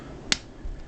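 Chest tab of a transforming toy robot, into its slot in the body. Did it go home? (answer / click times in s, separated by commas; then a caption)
partly / 0.3 s. A further push on the plastic chest piece of a transforming toy robot presses its chest tab toward its slot in the body, giving one sharp click at 0.3 s. The tab still does not fully seat: a small gap remains and the piece can't go any lower.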